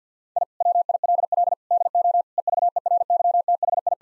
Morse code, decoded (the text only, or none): I WILL DO EVERYTHI